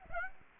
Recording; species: mosquito wingbeat signal from an infrared sensor; Aedes aegypti